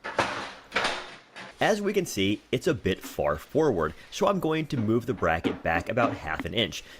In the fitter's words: but I just started in the middle the new seat then snaps into place